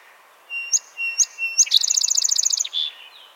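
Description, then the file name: Song sparrow song: three sharp introductory notes, then a fast, even trill of bright ticking notes, ending in a lower buzzy note. "Melospiza melodia - Song Sparrow"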